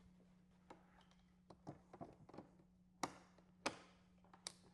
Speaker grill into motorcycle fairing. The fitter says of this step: Get those snap back in in place.